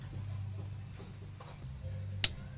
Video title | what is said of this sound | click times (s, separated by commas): #handbrake setel rem tanggan ertiga | terdengar bunyi klik. Ke atas. | 2.2 s